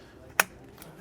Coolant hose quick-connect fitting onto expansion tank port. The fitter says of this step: locked for the line so that we can hear the click when it's fully seated bam that